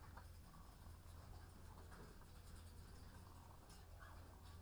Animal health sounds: poultry house recording; sick chickens (respiratory disease)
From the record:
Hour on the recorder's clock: 13

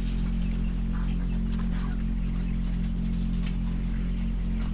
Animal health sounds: poultry house recording; sick chickens (respiratory disease)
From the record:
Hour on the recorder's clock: 4

